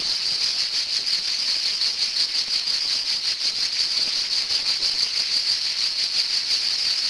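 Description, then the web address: Cicada buzz, high and relentless, throbbing in fast pulses throughout. "son cigales"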